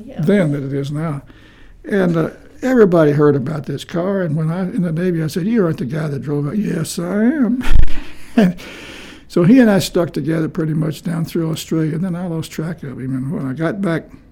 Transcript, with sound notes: …then that it is now, and everybody heard about this car and when I was in the navy I said, you aren’t the guy that drove—yes I am. [Chuckling] So he and I stuck together pretty much down through Australia, and then I lost track of him and when I got back,